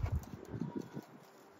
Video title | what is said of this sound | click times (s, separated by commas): Peugeot PureTech: How to Replace Camshaft Position Sensors (Step-by-Step) | You hear a click. | 0.2 s